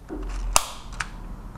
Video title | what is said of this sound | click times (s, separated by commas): Anwendungsvideo Viani forte 50/500 Diskus Pulver zur Inhalation Deutsche Internet Apotheke | vor diesen hebel einsetzen und im tief nach hinten drücken auch dann erfolgt wieder ein hörbares klick | 0.6 s